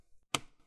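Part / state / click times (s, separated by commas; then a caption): plastic bottom cover clips into laptop top case / seated / 0.4 s. A sharp snap at 0.4 s comes as the plastic bottom cover of an HP 14 CM laptop is placed back on and pressed at the front corners until its retaining clips snap into the top case. Faint low rumble surrounds the click, and the cover is seated as intended.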